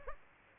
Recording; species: mosquito wingbeat signal from an infrared sensor; Culex pipiens